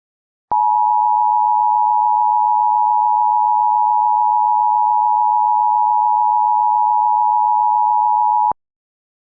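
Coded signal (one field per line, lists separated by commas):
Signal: Emergency Alert System (SAME) tones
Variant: 853 and 960 Hz attention tone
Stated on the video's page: Mock Emergency Alert System alert, simulated.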